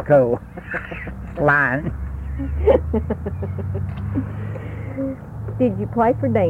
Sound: laughs

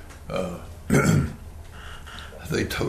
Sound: clears throat

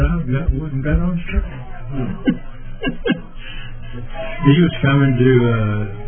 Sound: laughing

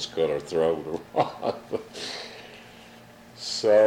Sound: chuckles

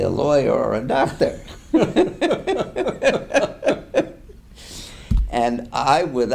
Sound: laughter

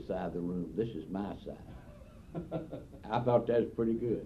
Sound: laughs

